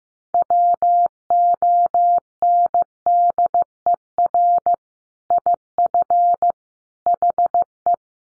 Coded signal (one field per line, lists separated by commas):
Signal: Morse code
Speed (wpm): 15 wpm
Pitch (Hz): 700 Hz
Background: none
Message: WONDER IF HE